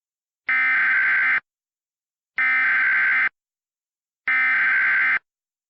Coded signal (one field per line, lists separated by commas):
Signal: Emergency Alert System (SAME) tones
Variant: header bursts